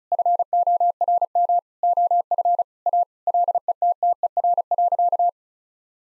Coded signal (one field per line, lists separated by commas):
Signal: Morse code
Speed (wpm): 34 wpm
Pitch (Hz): 700 Hz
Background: none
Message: FORM OF A LETTER.